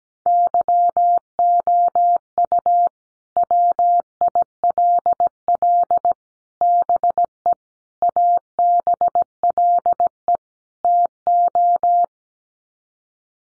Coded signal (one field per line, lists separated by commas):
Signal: Morse code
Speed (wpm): 17 wpm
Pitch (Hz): 700 Hz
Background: none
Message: YOU WILL BE ABLE TO